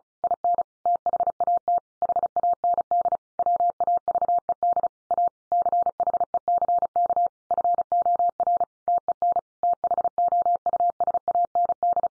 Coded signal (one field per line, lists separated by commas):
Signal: Morse code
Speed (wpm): 34 wpm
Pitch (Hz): 700 Hz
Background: none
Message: IN THAT HAND WAVED A CHECK FOR TEN THOUSAND